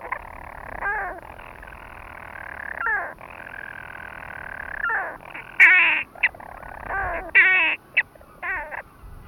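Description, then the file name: European storm petrel purring steadily, with several brief falling hiccups, then a cluster of loud abrupt chirping notes near the end. "Storm Petrel (Hydrobates pelagicus)"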